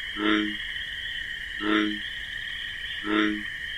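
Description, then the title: Bullfrog call, three low croaks spaced about 1.4 seconds apart, while crickets keep up a constant high-pitched trill. Wetland at night with marsh grasses; nocturnal chorus with pulsating, persistent chirping of crickets; bullfrog's deep bass call described as 'jug-o-rum'. "Bullfrog Sound. The Wondrous Wetlands"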